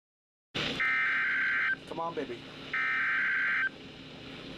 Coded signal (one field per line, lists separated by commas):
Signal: Emergency Alert System (SAME) tones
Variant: header bursts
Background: speech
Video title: Severe Thunderstorm Warning 4 On KXI46 3/22/2026 (EAS #3,118)